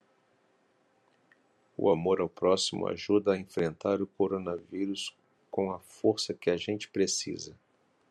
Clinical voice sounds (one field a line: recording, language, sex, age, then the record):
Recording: spoken sentence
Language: Brazilian Portuguese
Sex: male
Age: 50 to 59 years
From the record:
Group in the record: control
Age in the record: 52 years